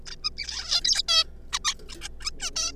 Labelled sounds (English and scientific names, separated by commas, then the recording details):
Zebra Finch (Taeniopygia guttata)
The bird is a juvenile
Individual R3549